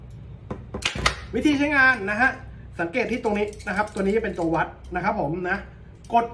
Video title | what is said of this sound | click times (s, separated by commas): ที่วางคันเบ็ดอัตโนมัติ อุปกรณ์ตกปลา | ครับเมื่อมีคันเบ็ดใช่ไหมเราก็วางแล้วก็เอาเข็มขัดมาล็อคไว้อย่างนี้นะครับวิธี | 0.9 s, 1.1 s